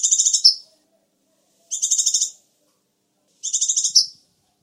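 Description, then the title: Sunbird song of three high, buzzy trilled phrases. Each one stutters rapidly before a brighter closing note, with about a second of silence between them. "kicau kolibri"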